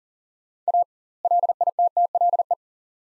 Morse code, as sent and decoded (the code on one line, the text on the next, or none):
.- / .-.. .. - - .-.. .
A LITTLE